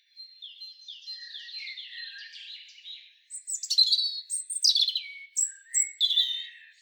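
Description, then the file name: European robin song: thin, high warbled phrases with sliding whistles and a steady held tone, then louder bright trills and quick descending notes after a short pause. "Erithacus rubecula"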